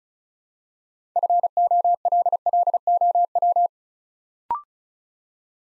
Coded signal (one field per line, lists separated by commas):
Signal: Morse code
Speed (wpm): 36 wpm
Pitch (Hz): 700 Hz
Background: none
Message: FOLLOW